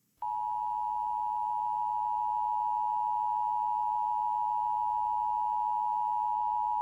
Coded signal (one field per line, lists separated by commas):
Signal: Emergency Alert System (SAME) tones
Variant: 853 and 960 Hz attention tone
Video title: EAS TORNADO SCENERIO